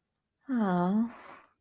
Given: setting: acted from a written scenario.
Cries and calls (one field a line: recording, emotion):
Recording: vocal sound without words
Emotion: shame